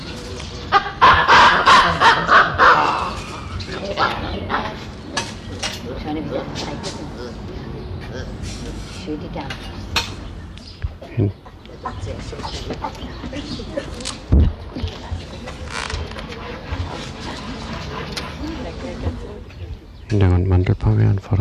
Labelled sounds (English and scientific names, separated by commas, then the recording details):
Chimpanzee (Pan troglodytes)
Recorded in captivity
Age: adult
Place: Zoo Halle, Sachsen-Anhalt, DE
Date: 1977-10-13 12:20
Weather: sonnig, ca, 18°C
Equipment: Nagra SN, Kopie Uher 4000 Report Monitor
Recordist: Tembrock, Günter